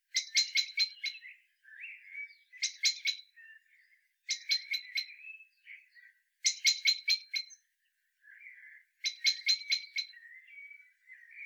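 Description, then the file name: Common blackbird giving sharp, dry chink calls in clusters of three to five, each cluster a couple of seconds apart, with softer thin notes between. "Turdus merula"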